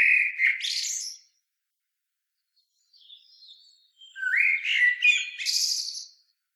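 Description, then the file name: Common blackbird song: end of one phrase with high squeaks, a soft pause, then a full phrase of low fluted notes and scratchy high twitters. "Turdus merula"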